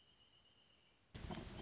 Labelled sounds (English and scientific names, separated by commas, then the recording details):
Wrentit (Chamaea fasciata)
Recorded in Sonoma County, California